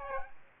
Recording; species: mosquito wingbeat signal from an infrared sensor; Aedes aegypti